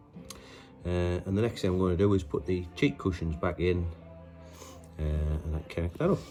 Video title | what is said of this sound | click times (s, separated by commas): Arai Quantic Helmet Cardo Packtalk Edge Intercom Install | That's just a little click in there. So, dotle to fit that. | 0.3 s